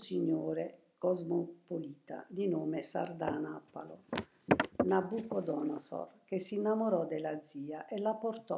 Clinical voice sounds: read passage; Italian; female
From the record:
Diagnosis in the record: healthy control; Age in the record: 72 years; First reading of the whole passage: 67 s, 7.5 characters per second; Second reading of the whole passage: 67 s, 7.5 characters per second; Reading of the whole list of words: 68 s, 4.2 characters per second

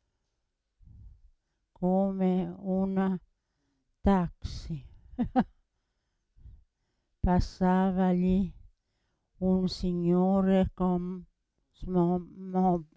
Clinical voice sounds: read passage; Italian; female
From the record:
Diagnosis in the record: Parkinson's disease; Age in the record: 80 years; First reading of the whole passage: 169 s, 3.1 characters per second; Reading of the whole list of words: 101 s, 2.8 characters per second

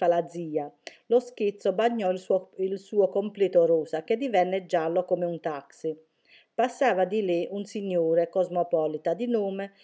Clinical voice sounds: read passage; Italian; female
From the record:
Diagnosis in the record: healthy control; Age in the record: 61 years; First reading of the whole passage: 59 s, 8.5 characters per second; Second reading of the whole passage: 54 s, 7.6 characters per second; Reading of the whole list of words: 57 s, 4.9 characters per second

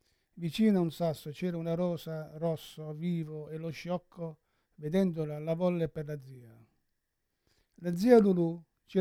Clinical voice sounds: read passage; Italian; male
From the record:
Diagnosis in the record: Parkinson's disease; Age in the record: 71 years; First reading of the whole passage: 60 s, 8.7 characters per second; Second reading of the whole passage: 57 s, 9.1 characters per second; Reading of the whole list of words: 54 s, 5.3 characters per second

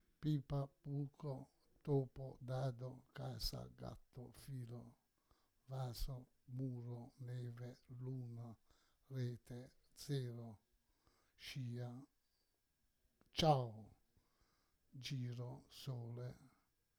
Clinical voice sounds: read list of words; Italian; male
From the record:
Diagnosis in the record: Parkinson's disease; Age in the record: 68 years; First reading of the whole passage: 84 s, 6.2 characters per second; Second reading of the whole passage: 63 s, 8.2 characters per second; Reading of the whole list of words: 57 s, 5.0 characters per second

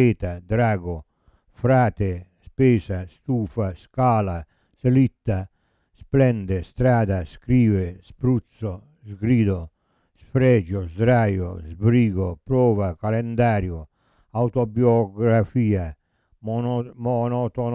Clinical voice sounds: read list of words; Italian; male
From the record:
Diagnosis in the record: Parkinson's disease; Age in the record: 70 years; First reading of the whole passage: 65 s, 7.9 characters per second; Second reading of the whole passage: 60 s, 8.6 characters per second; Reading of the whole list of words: 48 s, 5.8 characters per second

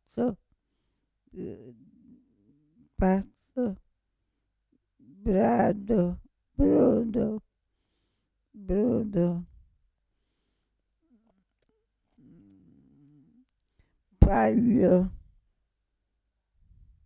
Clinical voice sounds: read list of words; Italian; female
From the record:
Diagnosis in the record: Parkinson's disease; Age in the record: 65 years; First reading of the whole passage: 242 s, 2.1 characters per second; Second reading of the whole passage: 180 s, 2.9 characters per second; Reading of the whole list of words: 168 s, 1.7 characters per second

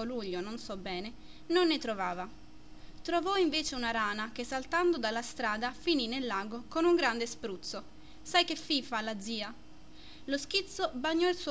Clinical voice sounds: read passage; Italian; female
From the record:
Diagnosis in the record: healthy control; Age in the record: 20 years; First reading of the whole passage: 47 s, 11.1 characters per second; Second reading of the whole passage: 49 s, 10.5 characters per second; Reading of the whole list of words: 45 s, 6.2 characters per second

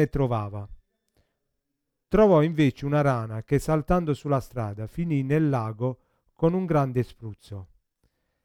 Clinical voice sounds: read passage; Italian; male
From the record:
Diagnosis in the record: Parkinson's disease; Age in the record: 50 years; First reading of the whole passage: 72 s, 7.2 characters per second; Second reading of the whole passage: 54 s, 9.6 characters per second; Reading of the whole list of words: 40 s, 7.1 characters per second

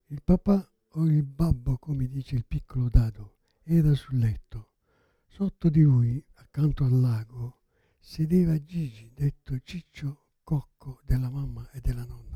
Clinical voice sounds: read passage; Italian; male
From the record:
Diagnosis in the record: Parkinson's disease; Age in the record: 77 years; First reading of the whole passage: 65 s, 8.0 characters per second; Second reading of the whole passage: 61 s, 8.5 characters per second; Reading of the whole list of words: 50 s, 5.6 characters per second

